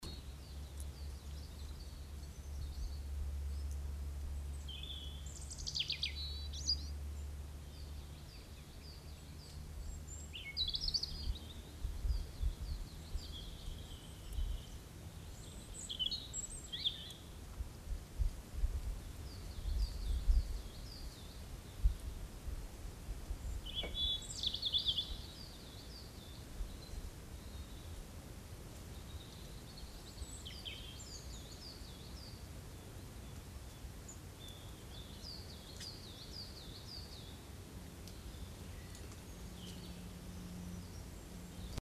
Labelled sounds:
European Robin (Erithacus rubecula) song, Coal Tit (Periparus ater)
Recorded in the wild
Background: Periparus ater
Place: San Romolo, Ligurien, IT
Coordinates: 43.8578, 7.72889
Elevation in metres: 758
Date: 1984-04-12
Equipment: Uher 4000 Report, Parabolreflektor (30cm Durchmesser)
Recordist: Tretzel, Erwin
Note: San Romolo, Italien: Gesang

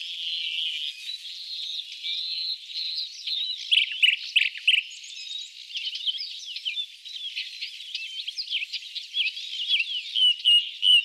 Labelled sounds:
Common Nightingale (Luscinia megarhynchos) song
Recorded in the wild
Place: Chokpak Beringungsstation, KZ
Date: 2000-05-11
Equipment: MiniDisc Sharp MT 20 H
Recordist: Schwarz, Dieter

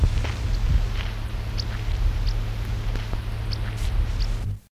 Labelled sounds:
New Zealand Pipit (Anthus novaeseelandiae) call
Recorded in captivity
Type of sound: call
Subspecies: rufoloides
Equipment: Halbspur, 9,5 cm/s
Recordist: Lütgens, Hans
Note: Südwest

